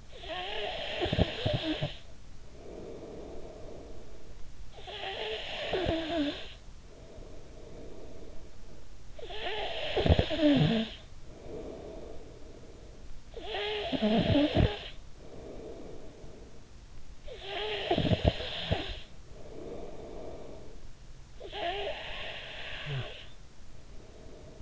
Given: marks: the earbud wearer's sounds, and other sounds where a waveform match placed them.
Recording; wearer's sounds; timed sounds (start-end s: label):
sounds in sleep by an in-ear microphone; snoring breath
0.00-4.44 s: snoring breath
4.70-8.91 s: snoring breath
9.11-16.93 s: snoring breath
17.22-24.62 s: snoring breath